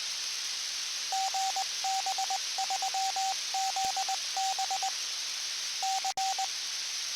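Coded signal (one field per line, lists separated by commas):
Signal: Morse code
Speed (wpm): 20 wpm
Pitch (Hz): 770 Hz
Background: radio noise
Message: GB3ZB C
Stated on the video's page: Received near Chepstow with an RTL-SDR tuner and an external wideband antenna.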